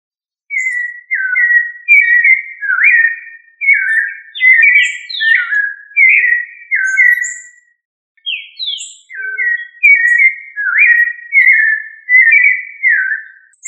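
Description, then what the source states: Thrush singing rich whistled phrases that slur down and rise in varied order, delivered in a steady stream with a brief pause midway. Family Turdidae; local name sabiá.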